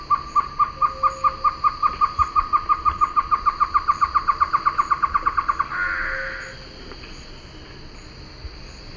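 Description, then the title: Bird song of a long, evenly spaced series of many sharp repeated notes, ending in a harsh burst; steady background hum. "LuckyPassaro Completos2Sama"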